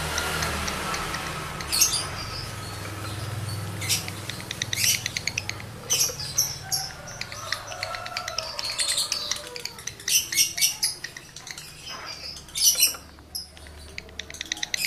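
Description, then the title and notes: Lovebird song of busy, scratchy chirps and clicks in uneven bursts, over a low hum at first. Male lovebird in breeding condition; recording used as a lure to stimulate other lovebirds to sing energetically. "Birahi Lovebird Jantan ke Gacor. Pancingan Suara Lovebird jantan birahi"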